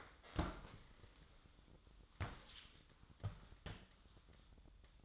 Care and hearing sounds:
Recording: daily activity, microphone in the room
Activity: stand up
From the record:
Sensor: 3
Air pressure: 1005.0 hPa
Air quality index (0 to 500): 84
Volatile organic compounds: 2 ppm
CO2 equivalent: 1287 ppm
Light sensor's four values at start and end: 9/21/8/8 and 7/16/7/7

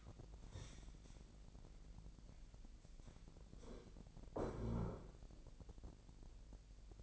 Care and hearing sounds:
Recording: daily activity, microphone in the room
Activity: stand up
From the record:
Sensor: 5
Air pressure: 1001.8 hPa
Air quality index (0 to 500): 246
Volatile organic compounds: 29 ppm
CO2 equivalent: 2946 ppm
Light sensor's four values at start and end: 48/114/47/49 and 47/110/45/47

